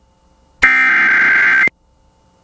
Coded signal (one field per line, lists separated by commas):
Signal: Emergency Alert System (SAME) tones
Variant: header bursts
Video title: (EAS #34) Arkansas SEVERE THUNDERSTORM WARNING on KALT-FM